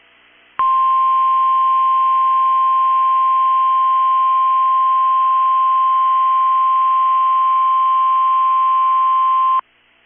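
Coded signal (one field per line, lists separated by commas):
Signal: Emergency Alert System (SAME) tones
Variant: 1050 Hz attention tone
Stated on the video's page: SAME tones of a Required Weekly Test on NOAA weather radio station KEC65.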